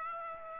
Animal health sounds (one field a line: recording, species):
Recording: mosquito wingbeat signal from an infrared sensor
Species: Aedes aegypti